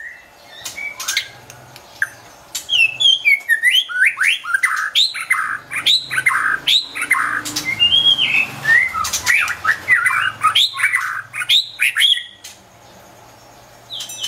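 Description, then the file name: White-rumped shama song, a long rapid stream of varied whistles, chirps and sharp ticking notes, very busy and energetic, tailing off near the end. Wild bird from forest in Medan, singing actively (gacor). "suara burung murai batu hutan medan gacor"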